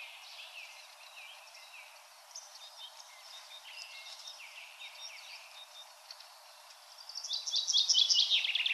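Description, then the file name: Common chaffinch song: a loud, fast, descending run of trilled notes near the end, following several seconds of softer chirps. "Fringilla coelebs"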